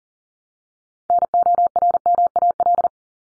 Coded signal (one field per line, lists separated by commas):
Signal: Morse code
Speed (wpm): 40 wpm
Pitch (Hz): 700 Hz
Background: none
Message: NORMAL